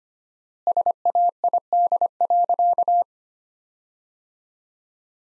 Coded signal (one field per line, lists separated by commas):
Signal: Morse code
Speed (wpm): 25 wpm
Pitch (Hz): 700 Hz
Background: none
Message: SAID.